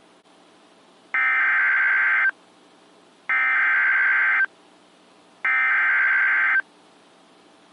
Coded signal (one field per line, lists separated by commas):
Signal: Emergency Alert System (SAME) tones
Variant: header bursts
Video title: EAS #1052-1060 (8/13/21)